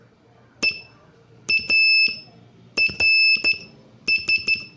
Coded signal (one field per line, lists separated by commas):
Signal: Morse code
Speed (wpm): 12 wpm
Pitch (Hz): 2650 Hz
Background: none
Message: EARS